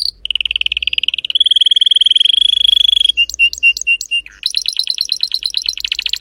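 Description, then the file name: Canary (Spanish Timbrado): canary song beginning with a long smooth rolling trill, then five spaced hollow notes and a quick run of bright repeated chirps. Spanish Timbrado breed of domestic canary, called canário belga in the Portuguese title; singing. "canto do canario belga timbrado espanhol"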